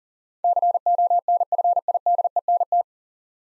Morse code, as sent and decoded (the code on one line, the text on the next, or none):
-.-. --- -. ..-. .. -.. . -. -
CONFIDENT